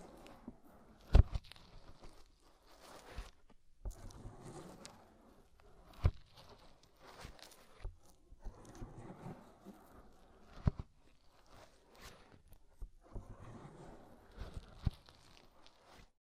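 Deep ear cleaning: close rustling and scraping come in low, dense bursts, broken by sharp clicks and brief pops every few seconds.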